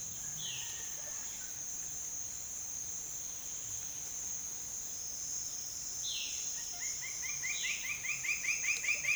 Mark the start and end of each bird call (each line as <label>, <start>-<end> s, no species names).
bird call, 0.00-0.72 s
bird call, 5.98-9.15 s